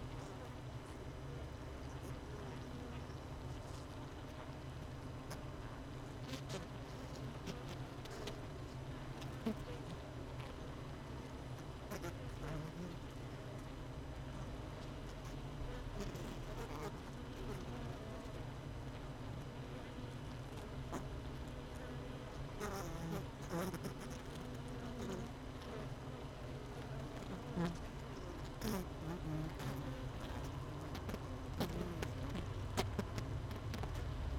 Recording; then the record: honeybee colony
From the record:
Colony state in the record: missing queen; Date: 31 May 2018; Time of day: 16:56